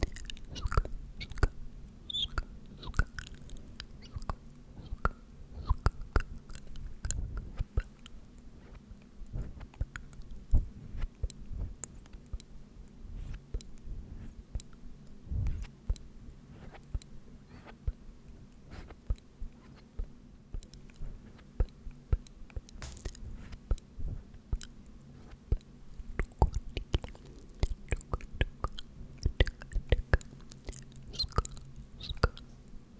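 Repeated "tk" and "sk" mouth sounds, short wet clicks and smacks that come irregularly and densely for the whole 33 seconds, with crisper bursts after about 22 seconds. A steady low hum runs underneath throughout.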